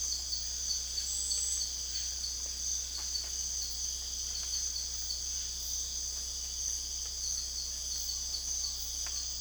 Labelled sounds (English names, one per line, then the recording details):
none
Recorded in secondary vegetation near Puerto Asís, Putumayo, Colombia, on 20 December 2024 at 04:30
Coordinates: 0.488, -76.319
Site GP04